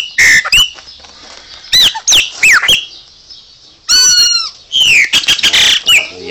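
Chopi Blackbird song: a lively series of loud, sharp whistled notes and squeaky slurs in quick bursts, with a brief pause midway.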